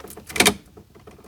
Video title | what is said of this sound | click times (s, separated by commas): Prepping the 1984 Dodge Ram for Hot Rod Power Tour 2024 - A few final touches | yeah you hear it like Snap in | 0.4 s